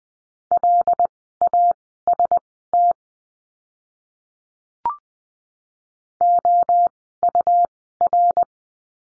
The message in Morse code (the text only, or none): LAST OUR